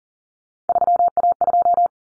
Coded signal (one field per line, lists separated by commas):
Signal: Morse code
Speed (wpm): 40 wpm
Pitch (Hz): 700 Hz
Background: none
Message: 3A2